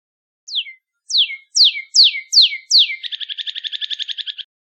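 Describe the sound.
Northern cardinal song: six loud down-slurred whistles, then a fast trill of many quick repeated notes.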